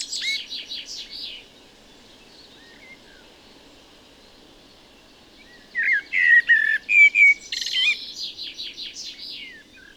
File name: Turdus merula